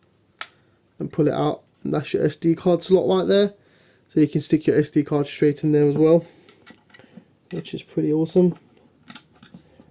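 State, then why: Seated. A small plastic cover over the SD card slot of a CAMDUCK X wall-outlet spy camera is pressed back into the camera housing. Someone talks, then handling sounds follow, and a sharp click at 9.1 s marks the cover seating in place.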